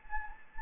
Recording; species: mosquito wingbeat signal from an infrared sensor; Anopheles gambiae